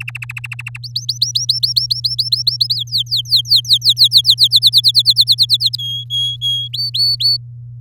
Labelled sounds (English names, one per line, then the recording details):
Domestic Canary song
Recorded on 8 May 2018 at 05:45
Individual llb16